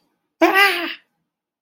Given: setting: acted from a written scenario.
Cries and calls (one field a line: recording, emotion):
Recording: vocal sound without words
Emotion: fear